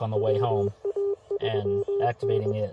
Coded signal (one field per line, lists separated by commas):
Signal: Morse code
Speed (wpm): 17 wpm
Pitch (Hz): 400 Hz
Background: speech, radio noise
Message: WA3N